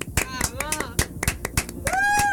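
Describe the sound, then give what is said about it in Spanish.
Loud, irregular hand claps burst out in a quick scattered run, joined by high whistling tones that swoop and hold near the end, like a short burst of applause with cheering whistles. “Bueno, si no tenemos aplausos, la podemos.”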